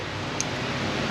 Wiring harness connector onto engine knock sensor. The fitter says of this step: okay we'll get that guy in that's our knock sensor I think I heard that click